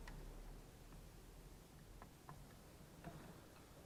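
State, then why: Not seated. A ribbon cable connector is handled at its socket on the motherboard of an Acer Aspire 5750 (P5WE0) laptop during a charging-port repair. Faint ticks and light rustling are heard, with sharper ticks near 0.1 s and 2.3 s. The connector is not yet plugged in, and nothing has seated or clicked yet.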